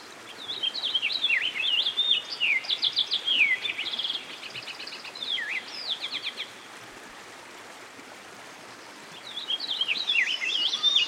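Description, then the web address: American goldfinch singing a long, varied twitter of slurred whistles and buzzy repeated notes, then a pause of several seconds before the song resumes, with constant water hiss behind. By a stream. "Dan Gibson Songbirds By The Stream. American Goldfinch"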